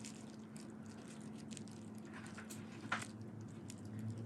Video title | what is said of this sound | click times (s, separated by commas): How to Install APPLE CARPLAY in INFINITI Q50 (I-KNOB VERSION) 2015, 2016, 2017, 2018, 2019 | and again you kind of will hear it when it clicks in | 2.9 s